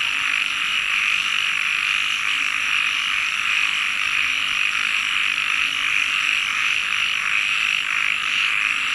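Frog: a steady chorus of many frogs, high rapid trills blending into one continuous buzz.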